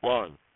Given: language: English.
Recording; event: throat vibration sensor signal played as sound; speech